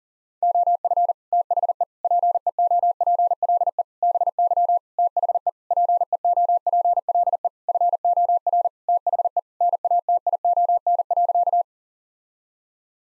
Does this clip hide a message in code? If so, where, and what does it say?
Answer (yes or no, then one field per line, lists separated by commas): yes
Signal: Morse code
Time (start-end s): 0.4-11.6 s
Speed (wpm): 40 wpm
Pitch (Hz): 700 Hz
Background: none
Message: OF THE PEOPLE BY THE PEOPLE FOR THE NATION.